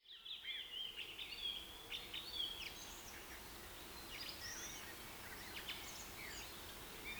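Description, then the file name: Birds chirping and whistling in overlapping, irregular bursts, fairly soft against a steady hiss of background noise throughout. Rain forest. "KPR Sounds - Rain Forest Bird Sounds"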